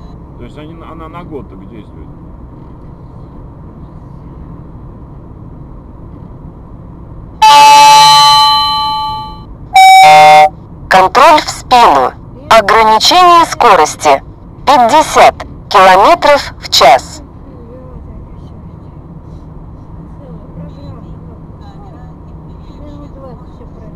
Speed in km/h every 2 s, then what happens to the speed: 48, 48, 49, 48, 47, 46, 45, 44, 43, 43, 45, 46.
0-24 steady at about 46.